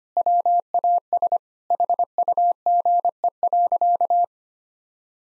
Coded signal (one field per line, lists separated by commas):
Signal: Morse code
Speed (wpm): 25 wpm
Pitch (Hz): 700 Hz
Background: none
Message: WAS HUGE.